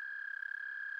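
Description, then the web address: American toad trill, one continuous even musical trill at a constant pitch, nothing else heard. Eastern North America. "Dan Gibson Wildlife Identification By Sound, Eastern North America Pt 1 44 American Toad"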